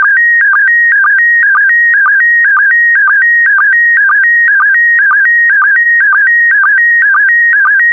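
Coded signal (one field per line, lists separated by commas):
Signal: SSTV (slow-scan television)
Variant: PD120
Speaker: complete. You can now check your decoded image against the picture that is shown on the video.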